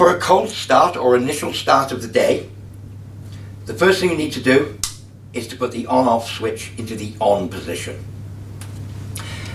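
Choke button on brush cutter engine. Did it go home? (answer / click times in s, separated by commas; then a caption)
yes / 9.2 s. Someone talks about starting a Hyundai HY4BC31 petrol brush cutter from cold, then the blue cold-start choke button on the engine is pushed in until it clicks into position. A sharp click is heard at 9.2 s as the button seats.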